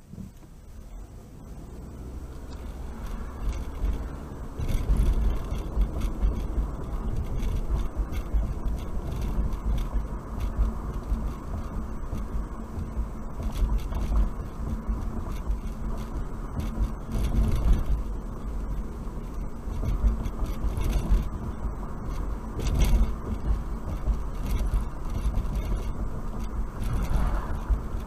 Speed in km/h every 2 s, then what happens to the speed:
15, 26, 35, 45, 48, 52, 52, 52, 52, 52, 52, 53, 52, 52.
0-9 speeds up to 52. 9-28 steady at about 52.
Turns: none.